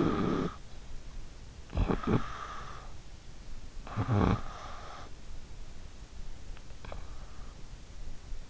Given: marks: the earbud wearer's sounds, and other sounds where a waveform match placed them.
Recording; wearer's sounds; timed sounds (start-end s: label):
sounds in sleep by an in-ear microphone; snoring breath
0.00-5.09 s: snoring breath